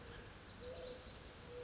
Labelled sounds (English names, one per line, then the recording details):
Mourning Dove
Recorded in Sonoma County, California